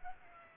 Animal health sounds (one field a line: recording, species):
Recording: mosquito wingbeat signal from an infrared sensor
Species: Culex pipiens